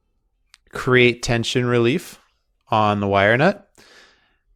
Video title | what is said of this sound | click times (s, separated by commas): Cable Valve Connection | snap the cap on the top | 0.5 s